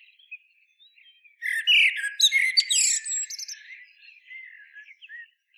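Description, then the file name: Common blackbird delivering one song phrase: a loud burst of warbled and squeaky notes, then quieter trailing twitters and a few faint fluty notes. "Turdus merula"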